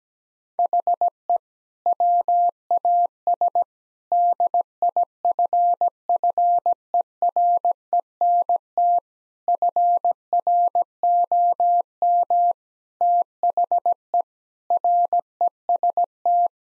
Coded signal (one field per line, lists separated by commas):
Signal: Morse code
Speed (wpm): 17 wpm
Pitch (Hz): 700 Hz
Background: none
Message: HE WAS DIFFERENT FROM THE REST